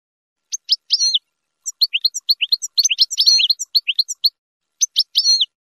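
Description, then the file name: Finch chirping: quick series of high, sharp upslurred chirps and squeaky whistled notes, irregular and lively, with brief pauses between phrases. "sound finch mouth moghom"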